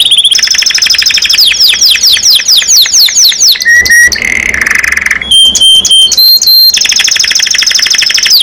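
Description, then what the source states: Domestic canary song, loud and continuous, moving from fast rolling trills of sweeping notes into steady whistled tones and buzzy passages, then back to rapid trills. Singing constantly (gacor) domestic canary, described as a first-place champion.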